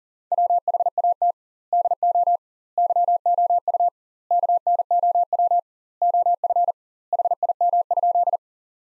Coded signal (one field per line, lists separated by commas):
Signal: Morse code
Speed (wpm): 40 wpm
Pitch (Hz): 700 Hz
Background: none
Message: WHAT DO YOU KNOW OF HIM?